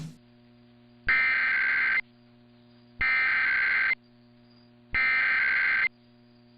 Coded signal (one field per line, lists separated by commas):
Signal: Emergency Alert System (SAME) tones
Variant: header bursts